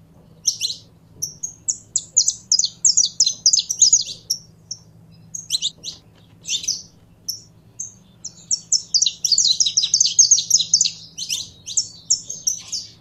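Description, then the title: Canary singing high bright twitters and fast trilled phrases, broken by short gaps, with a low hum underneath throughout. Song of a purebred Belgian canary. "Canto Do Canário Belga Puro"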